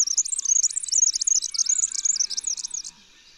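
Red-backed fairywren song: a continuous high-pitched reel of rapid, wavering notes lasting about three seconds, then a brief pause.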